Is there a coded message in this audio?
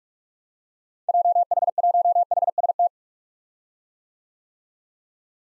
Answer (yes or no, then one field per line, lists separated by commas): yes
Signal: Morse code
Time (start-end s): 1.1-2.9 s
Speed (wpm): 46 wpm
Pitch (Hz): 700 Hz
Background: none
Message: JH1HST